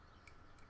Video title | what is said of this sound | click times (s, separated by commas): TechChecker #237 NEW ReoLink RLC-410-5MP ( 1000+ Subscribers Thank You ) | clicks into place and | 0.3 s